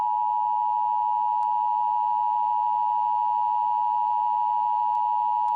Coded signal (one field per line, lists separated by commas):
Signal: Emergency Alert System (SAME) tones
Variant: 853 and 960 Hz attention tone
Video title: EAS Scenario (#2) - ENTER SANDMAN